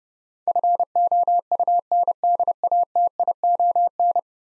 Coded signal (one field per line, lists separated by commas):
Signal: Morse code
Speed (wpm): 32 wpm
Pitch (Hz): 700 Hz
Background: none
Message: FOUNDATION